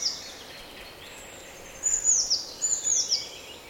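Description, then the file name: Eurasian blue tit calls: two quick clusters of very high, thin, descending notes in the second half, over a steady background hiss. "Cyanistes caeruleus"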